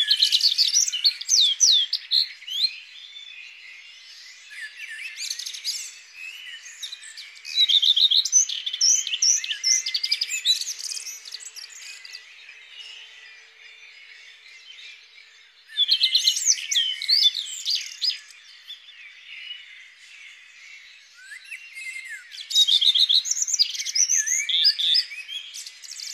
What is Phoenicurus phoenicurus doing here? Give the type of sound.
song